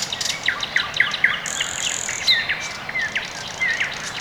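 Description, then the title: Birds chirping in quick succession: a series of short sliding notes and one thin sustained high note, with other birds twittering behind. Quiet early morning in the Orekhovo-Borisovo Severnoye district, Moscow, Russia; recorded with a Sony ECM-MS2 into a Marantz PMD-661, processed with iZotope RX2 equalisation and gain. "район Орехово-Борисово Северное, Москва, Россия - Morning birds"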